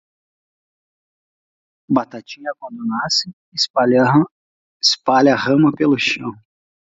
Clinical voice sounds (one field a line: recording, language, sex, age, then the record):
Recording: short text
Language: Brazilian Portuguese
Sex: male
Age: 30 to 39 years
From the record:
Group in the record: control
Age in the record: 39 years